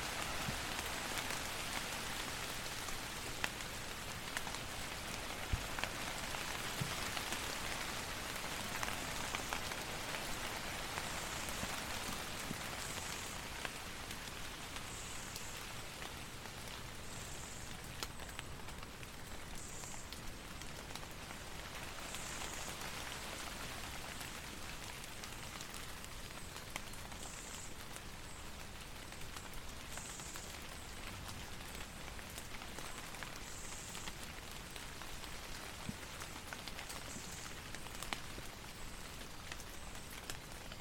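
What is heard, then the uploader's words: Steady rain falls through trees in a small forest, a dense, even hiss patter with scattered drops striking leaves and ground. Faint high chirps, likely insects or birds, recur every few seconds, while a low wind rumble runs underneath throughout. Relaxing Sound of Rain and Wind in Small Forest, Rain Drops Falling From Trees with Wind. Relax to the calming sound of rain falling through the tree canopy onto the forest floor.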